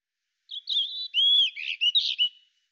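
European robin song, a short phrase of sweet slurred whistles and a sustained clear note followed by a few quick twittering notes.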